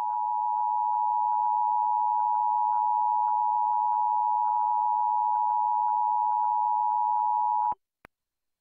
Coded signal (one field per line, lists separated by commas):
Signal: Emergency Alert System (SAME) tones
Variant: 853 and 960 Hz attention tone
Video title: National Periodic Test on WTVS (EAS #82)